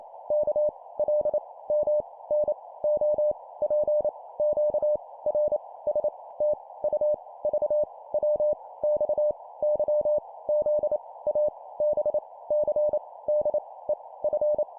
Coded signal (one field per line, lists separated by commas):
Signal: Morse code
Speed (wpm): 28 wpm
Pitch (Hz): 600 Hz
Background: none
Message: K L M N O P Q R S T U V W X Y Z A B C D E F